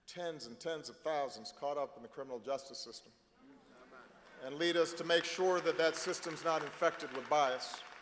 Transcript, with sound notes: tens and tens of thousands caught up in the criminal justice system -- (applause) and leads us to make sure that that system is not infected with bias;